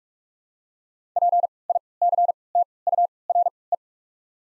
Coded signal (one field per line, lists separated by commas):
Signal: Morse code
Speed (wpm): 47 wpm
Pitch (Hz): 700 Hz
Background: none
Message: PICTURE